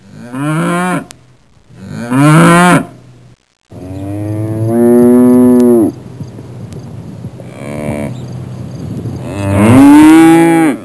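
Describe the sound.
Cow mooing: several loud, drawn-out harmonic moos, some rising then falling in pitch, separated by short pauses.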